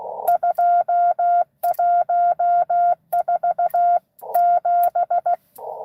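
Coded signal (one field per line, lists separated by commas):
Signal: Morse code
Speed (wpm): 16 wpm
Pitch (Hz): 700 Hz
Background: none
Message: 2147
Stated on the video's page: Live CW Parks on the Air activation at US-2147 during a 12 days of Christmas event.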